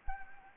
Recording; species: mosquito wingbeat signal from an infrared sensor; Anopheles arabiensis